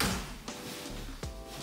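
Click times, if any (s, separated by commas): 0.0 s, 1.2 s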